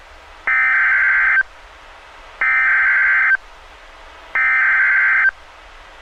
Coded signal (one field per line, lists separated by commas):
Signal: Emergency Alert System (SAME) tones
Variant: header bursts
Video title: (EAS#200)(VERY RARE!!) Fire Warning